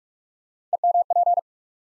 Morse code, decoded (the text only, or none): EMP